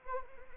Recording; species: mosquito wingbeat signal from an infrared sensor; Anopheles arabiensis